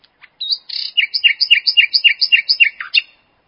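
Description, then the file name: Common nightingale song: a brief soft lead-in, then a fast, even series of repeated paired high and lower notes. "nachtigall"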